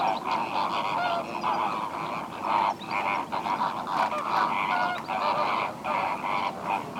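Flamingo flock giving a steady mass of honking, gabbling calls, many birds overlapping in a nasal chatter.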